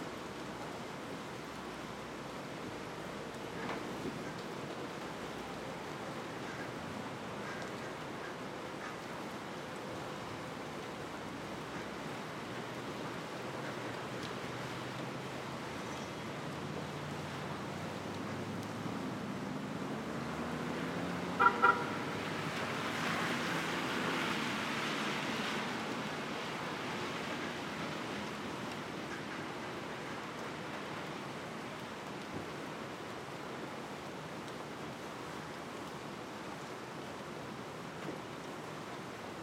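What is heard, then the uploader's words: A rainy Brooklyn street with light traffic: a steady wash of rain hiss runs throughout, with a low rumble underneath. Around 20 to 27 seconds a vehicle swells by on the wet road, and a sharp double click sounds near 21 seconds. Ext. Brooklyn. Rainy Day - Street - Light Traffic. Rainy Day - Street - Light Traffic by Bandeto.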